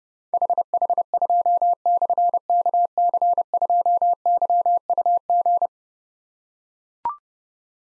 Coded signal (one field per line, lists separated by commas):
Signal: Morse code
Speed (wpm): 30 wpm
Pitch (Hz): 700 Hz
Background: none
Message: HH2/KC2YUG